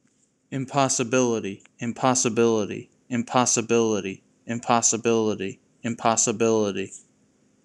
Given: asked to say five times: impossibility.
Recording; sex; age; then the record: repeated word; male; 30 to 39 years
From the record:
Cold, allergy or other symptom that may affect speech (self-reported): no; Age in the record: 31 years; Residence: New Jersey, United States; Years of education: 16